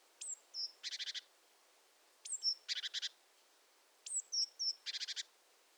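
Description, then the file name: Great tit calling three times, each time one or more thin high notes followed by a rapid buzzy churr of about five pulses. "Parus major"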